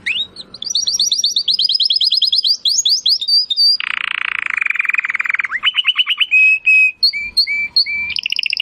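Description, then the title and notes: Domestic canary song, a nonstop run of fast rolling trills and high whistled notes that change pitch and speed every second or so, with a lower buzzy roll in the middle. Belgian canary singing; labelled "Campainha". "Canário Belga Campainha Canary Singing. Canario Belga Cantando"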